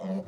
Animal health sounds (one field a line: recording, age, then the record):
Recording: pig call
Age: piglet (1 to 25 days)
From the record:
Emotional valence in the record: negative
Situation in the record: short isolation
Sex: male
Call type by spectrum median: low-frequency call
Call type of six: mixed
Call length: 0.28 s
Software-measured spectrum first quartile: 191 Hz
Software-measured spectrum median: 289 Hz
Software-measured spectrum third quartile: 598 Hz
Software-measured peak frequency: 550 Hz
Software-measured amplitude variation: 120 dB a second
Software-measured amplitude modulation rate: 14.4 a second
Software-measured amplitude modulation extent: 8.3 dB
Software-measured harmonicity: 7.9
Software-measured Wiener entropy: -0.46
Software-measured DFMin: 828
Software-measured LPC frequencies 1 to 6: 532, 1947, 3008, 3836, 4590, 6280 Hz